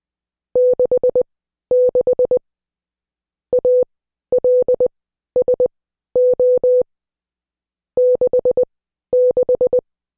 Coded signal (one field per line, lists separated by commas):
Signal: Morse code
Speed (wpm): 20 wpm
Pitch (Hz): 500 Hz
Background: none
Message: 66 ALSO 66